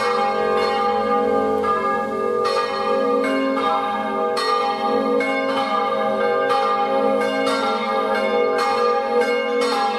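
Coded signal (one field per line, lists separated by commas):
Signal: bell signal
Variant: Friulian battiore ringing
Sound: several church bells ringing continuously in rapid overlapping strikes, rich sustained metallic tones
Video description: Battiore e Dopli (dura 1 minuto e mezzo) delle 18:00 per la Messa delle 18:30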